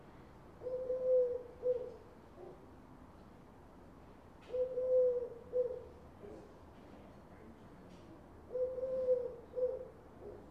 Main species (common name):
Eurasian Collared Dove